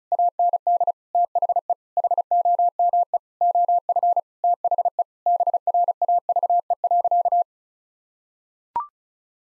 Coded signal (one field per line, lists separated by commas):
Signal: Morse code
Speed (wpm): 36 wpm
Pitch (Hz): 700 Hz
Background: none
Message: AND THE HOME OF THE BRAVE.